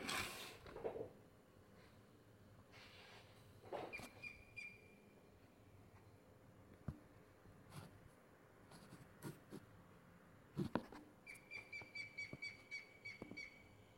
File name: gr spett